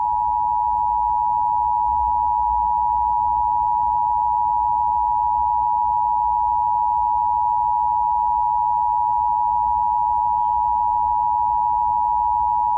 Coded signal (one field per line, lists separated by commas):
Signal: Emergency Alert System (SAME) tones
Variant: 853 and 960 Hz attention tone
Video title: Long Island RMT on WALK-FM and KTRMedia (Audio Only) (9/7/23) (EAS 10807-10809)